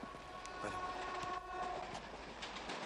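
A moving train carriage gives off a steady, dense rumble with scattered clacks and knocks, and a thin metallic whine drifting through the middle. No voices are heard.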